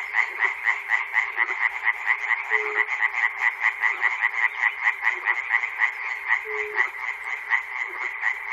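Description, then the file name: Frogs croaking in a continuous chorus, sharp pulsed calls repeating about twice a second over a buzzing background of many others. Frogs recorded at Chernobyl. "peter cusack-chernobyl frogs"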